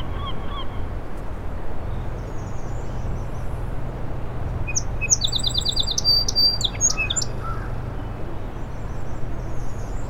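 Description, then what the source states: Song sparrow song: a few clear introductory notes, then a fast trill and a jumbled ending, set against a constant low background rumble. In a shrub on the causeway to Little Moose Island; morning, 07:02, 21 June 2017; mostly sunny, 60 degrees, incoming tide; Fostex FR2 recorder with Sennheiser ME 64 microphone; trimmed and levelled.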